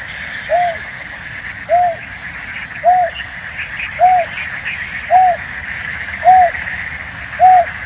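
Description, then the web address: Bird giving short arched calls, repeated about every 1.2 seconds, seven in all, over a steady background hiss. Recorded in Higashiosaka, Japan. "higashiosaka bird koe"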